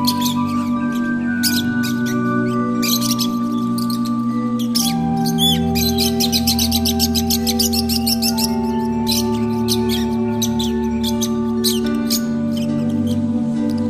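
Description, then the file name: Lovebird calls, clusters of high, scratchy chirps coming in bursts, with a continuous droning musical background underneath. Lovebirds, used for audio therapy. "audio terapi lovebirds"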